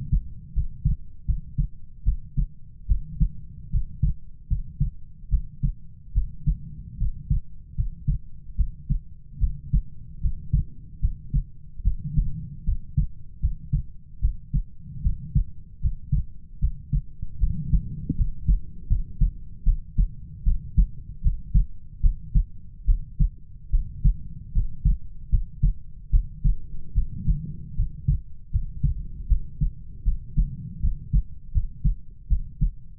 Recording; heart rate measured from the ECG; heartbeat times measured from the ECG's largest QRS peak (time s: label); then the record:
heart sounds by stethoscope; 76 bpm
0.53 s: heartbeat
1.25 s: heartbeat
2.04 s: heartbeat
2.87 s: heartbeat
3.70 s: heartbeat
4.47 s: heartbeat
5.29 s: heartbeat
6.13 s: heartbeat
6.97 s: heartbeat
7.75 s: heartbeat
8.55 s: heartbeat
9.39 s: heartbeat
10.20 s: heartbeat
11.00 s: heartbeat
11.82 s: heartbeat
12.64 s: heartbeat
13.40 s: heartbeat
14.20 s: heartbeat
15.02 s: heartbeat
15.80 s: heartbeat
16.59 s: heartbeat
17.38 s: heartbeat
18.15 s: heartbeat
18.87 s: heartbeat
19.63 s: heartbeat
20.43 s: heartbeat
21.21 s: heartbeat
22.00 s: heartbeat
22.85 s: heartbeat
23.70 s: heartbeat
24.52 s: heartbeat
25.29 s: heartbeat
26.10 s: heartbeat
26.93 s: heartbeat
27.75 s: heartbeat
28.50 s: heartbeat
29.27 s: heartbeat
30.03 s: heartbeat
30.80 s: heartbeat
31.51 s: heartbeat
32.27 s: heartbeat
From the record:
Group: healthy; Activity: rest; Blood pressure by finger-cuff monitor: 95/51 mmHg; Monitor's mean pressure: 66 mmHg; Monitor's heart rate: 75 bpm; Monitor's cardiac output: 7.2 L/min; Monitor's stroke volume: 96 mL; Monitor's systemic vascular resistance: 650 dyn s/cm5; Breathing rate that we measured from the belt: 21 breaths a minute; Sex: female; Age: 19 years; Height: 163 cm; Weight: 48.9 kg